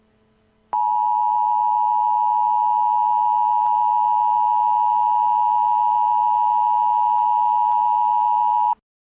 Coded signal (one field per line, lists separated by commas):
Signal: Emergency Alert System (SAME) tones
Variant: 853 and 960 Hz attention tone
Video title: EAS Scenario: Radioactive Independence (A 4th of July Special)